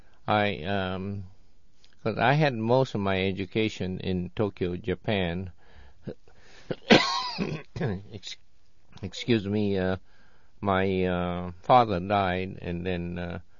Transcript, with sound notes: I, um, because I had most of my education in Tokyo, Japan. ( he coughs ) Excuse me. Uh, my, uh, father died, and then